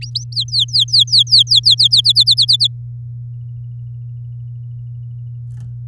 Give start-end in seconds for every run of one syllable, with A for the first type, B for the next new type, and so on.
0.01-0.24 A, 0.32-2.01 B, 2.04-2.67 C